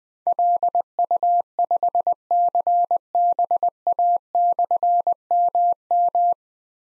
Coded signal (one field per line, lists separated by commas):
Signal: Morse code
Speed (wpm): 20 wpm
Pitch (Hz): 700 Hz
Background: none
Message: LU5CBA/MM